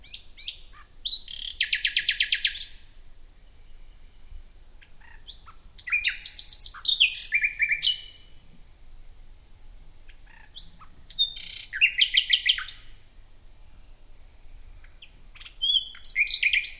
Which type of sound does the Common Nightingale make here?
song